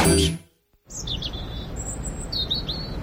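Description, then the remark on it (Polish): After a short burst of sound and a brief silence, birds chirp in quick high-pitched trills and thin whistles over a steady low background rumble. “Ptaszki ćwierkają, że idzie wiosna, ale czy to już?”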